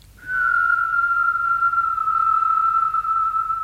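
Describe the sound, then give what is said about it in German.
Someone whistles one long, steady, fairly high note that drifts slightly lower as it is held for over three seconds. It is loud and clear, with no talking. “Pfeifen.”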